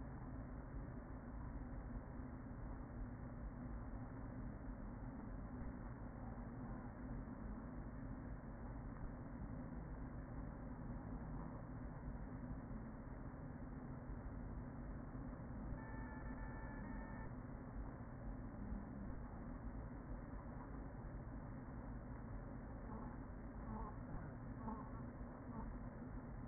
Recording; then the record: honeybee colony, microphone inside the hive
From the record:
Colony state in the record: queen present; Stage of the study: after two queens were removed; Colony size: about 40,000 bees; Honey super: no